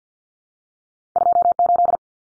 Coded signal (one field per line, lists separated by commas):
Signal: Morse code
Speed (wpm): 48 wpm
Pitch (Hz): 700 Hz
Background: none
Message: 28